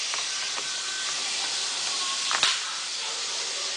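After a screen replacement on an Acer Aspire 5534, the laptop battery pack is slid back into its battery bay over a steady broadband hiss. A single sharp click at 2.4 seconds marks the battery snapping into the bay, seated.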